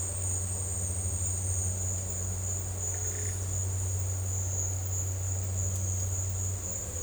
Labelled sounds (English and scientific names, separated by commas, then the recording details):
none
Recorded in dense forest near Puerto Asís, Putumayo, Colombia, on 16 December 2024 at 11:30
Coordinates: 0.468, -76.322
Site G071